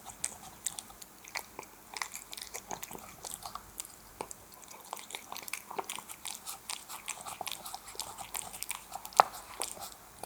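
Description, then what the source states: Cat chewing wet food: moist, clicky mastication sounds fall in uneven runs throughout, with one crisp louder snap near the end. Domestic cat eating wet food.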